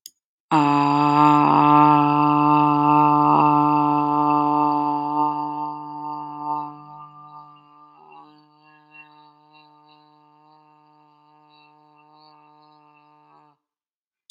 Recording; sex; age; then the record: vowel held as long as possible; female; 50 to 59 years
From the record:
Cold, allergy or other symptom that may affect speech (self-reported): no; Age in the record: 52 years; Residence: Florida, United States